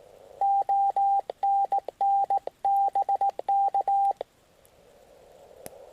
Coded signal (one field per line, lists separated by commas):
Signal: Morse code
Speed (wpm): 17 wpm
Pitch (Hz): 790 Hz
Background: radio noise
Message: ONN BK